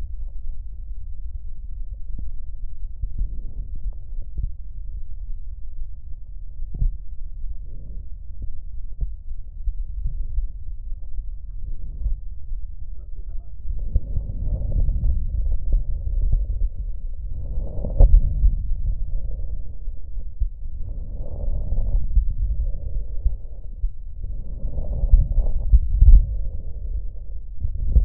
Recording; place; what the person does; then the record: lung sounds by stethoscope; left posterior apical chest; quiet breathing, then deep breathing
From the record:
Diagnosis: pulmonary infection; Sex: male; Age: 86 years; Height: 165 cm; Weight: 65 kg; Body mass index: 23.9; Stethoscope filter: extended mode